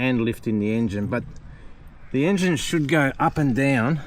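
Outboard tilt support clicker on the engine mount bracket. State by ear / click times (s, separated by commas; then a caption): not seated / none. An outboard engine is being lifted on its mount, where the tilt-support clicker on the engine mount bracket should lock it in at different heights. A man talks throughout, with a quieter stretch in the middle. Nothing has clicked or seated yet.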